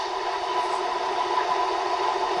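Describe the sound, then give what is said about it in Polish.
A fast urban train passing somewhere along the tracks, fairly far away, heard as a soft, steady rumbling hum with a smooth mid-pitched tone that holds even throughout, no voices present. “I raczej szybka kolej miejska. Mięciutko brzmi.”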